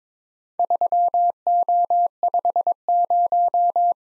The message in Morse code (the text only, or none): 3O50